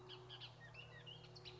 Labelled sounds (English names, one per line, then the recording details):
Bullock's Oriole
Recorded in Sonoma County, California